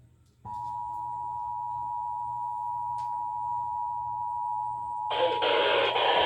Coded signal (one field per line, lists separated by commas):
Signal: Emergency Alert System (SAME) tones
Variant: 853 and 960 Hz attention tone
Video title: (EAS #15) more Flash flood warnings (fm radio and TV EAS) 8/30/2021